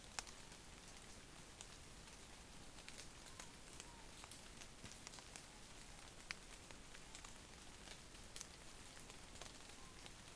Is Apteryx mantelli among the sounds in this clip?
no